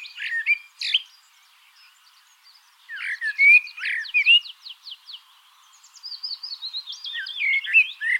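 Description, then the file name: Common blackbird warbling: short fluty notes, then a rapid series of thin high strokes, then another flowing, slurred whistled phrase after a pause. "Turdus merula"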